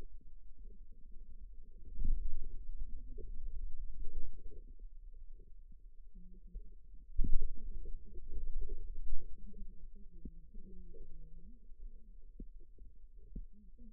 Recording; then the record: forearm muscle sounds (acoustic myography)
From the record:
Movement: finger pinch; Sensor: system 2, bracelet of six BSWA MPA416 microphones around the upper forearm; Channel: 5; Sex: male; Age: 22 years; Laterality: right